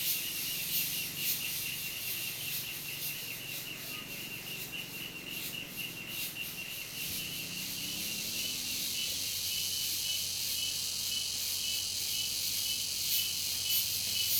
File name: Muitas cigarras de manha em comunidade rural vozes longes caminhao passando